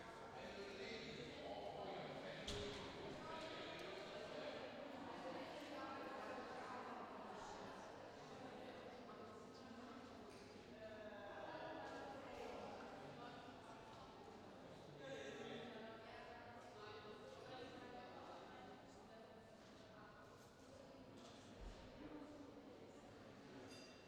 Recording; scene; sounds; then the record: everyday scene through a hearing-aid microphone; reverberant space; background noise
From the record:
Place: railway station hall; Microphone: in the ear canal, left